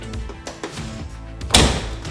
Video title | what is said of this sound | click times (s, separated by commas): Installing Slick Locks on our RAM ProMaster City | what I was Finding when I shut this door it's not latching all the way because this bracket is in the way so I need to adjust that backwards slightly | 1.5 s